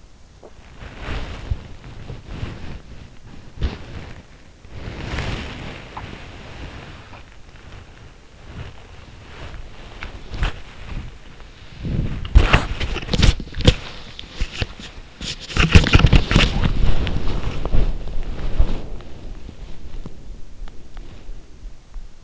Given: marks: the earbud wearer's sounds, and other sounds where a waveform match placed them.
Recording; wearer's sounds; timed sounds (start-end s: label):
sounds in sleep by an in-ear microphone; body movement
0.00-8.22 s: body movement
8.43-22.23 s: body movement